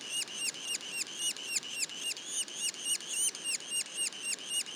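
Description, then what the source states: Yellow-bellied sapsucker juvenile calls: high, harmonic notes that bend downward, repeated steadily about four times a second over a soft hiss. Juveniles; Mont-Orford National Park, Quebec.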